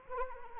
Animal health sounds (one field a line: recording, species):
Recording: mosquito wingbeat signal from an infrared sensor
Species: Anopheles arabiensis